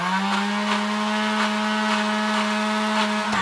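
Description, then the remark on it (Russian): An electric juicer juicing red cabbage runs with a steady, loud motor whine, overlaid by a rhythmic grinding rasp that pulses about twice a second as the cabbage is shredded. The motor cuts off at the very end. “Включаем соковыжималку.”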